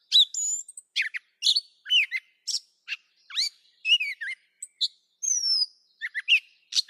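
Catbird song of squeaky and scratchy notes mixed with a few thin, clear whistles and a sliding, drawn-out note, uttered in quick, uneven phrases.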